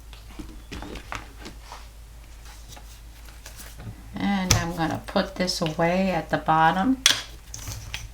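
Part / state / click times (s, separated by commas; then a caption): magnet into the base of a stamp positioning platform / seated / 7.9 s. A strong magnet is put away into its storage spot at the bottom of a plastic stamping platform, with light handling taps and clatter throughout while someone talks. The magnet clicks into the slot at 7.9 s and is seated.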